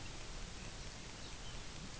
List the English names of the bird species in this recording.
Lapland Longspur